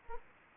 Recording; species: mosquito wingbeat signal from an infrared sensor; Anopheles gambiae